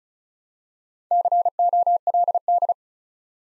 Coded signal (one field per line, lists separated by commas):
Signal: Morse code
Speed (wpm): 36 wpm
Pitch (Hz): 700 Hz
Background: none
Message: COLD